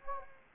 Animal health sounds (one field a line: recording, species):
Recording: mosquito wingbeat signal from an infrared sensor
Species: Anopheles arabiensis